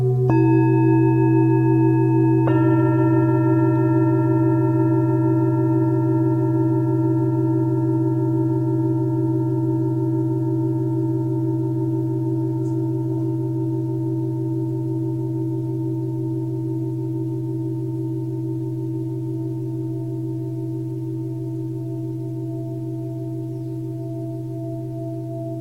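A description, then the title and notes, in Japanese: A singing bowl is struck twice near the start, then its low, steady ringing tone hums on and slowly fades over the remaining seconds. Tibetan Singiing Bowl。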